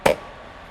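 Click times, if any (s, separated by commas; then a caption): 0.1 s. With its lid back on, a waste canister is pushed all the way into its housing on a Lotus Trooper caravan. One sharp, loud click rings out at 0.1 s and decays quickly into low background noise, showing the canister is seated and ready for next time.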